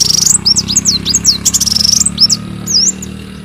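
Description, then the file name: Leafbird song: a lively, high, warbling stream of slurred whistles and trills over a steady low background hum. "Tieng chim xanh tim"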